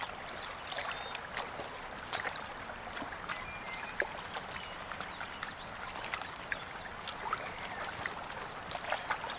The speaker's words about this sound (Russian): Надя стирает в реке гимнастерку Егорова.